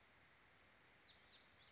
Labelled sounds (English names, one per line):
Lazuli Bunting